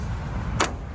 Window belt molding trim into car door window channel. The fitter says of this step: I'm going to go ahead and push it down until it locks in place.